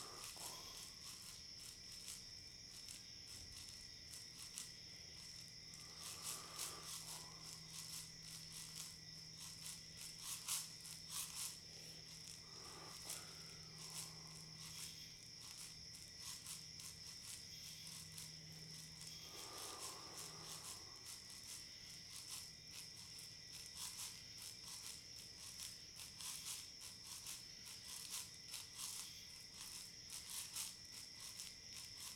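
Crickets chirp in a dense, steady shimmer of high, rapid pulses that runs through the whole stretch, with a bright whine held overhead. A low, soft hum drifts beneath, swelling around the middle, and brief mid-pitched tones rise near six, twelve and twenty seconds.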